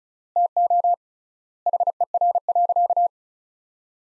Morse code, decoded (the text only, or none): TO HER.